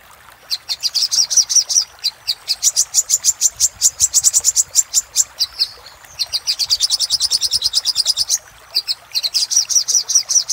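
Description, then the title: Little spiderhunter song of long, rapid series of high piercing notes, each run lasting several seconds with short gaps between runs, the pace steady and insistent. Singing used as a master (masteran) for training cage birds, labelled 'Labaik'. "Masteran Burung Sogok Ontong Labaik"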